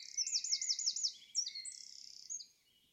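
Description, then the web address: Bird song: a fast series of high looping trilled notes, then several buzzy sustained whistles at shifting pitches, ending after about two and a half seconds. "cianscape birddata Deverinetal 2025"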